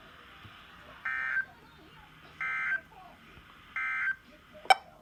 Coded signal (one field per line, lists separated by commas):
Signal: Emergency Alert System (SAME) tones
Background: speech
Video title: Unexpected captures from 6/25/20 EAS# 102-107